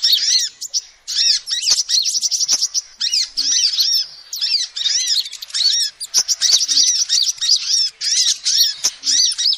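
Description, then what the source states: Lovebird chattering in repeated shrill bursts, each a flurry of squeaky rising-falling notes, with small pauses and a few clicks. Lovebird call used as a lure to trap birds.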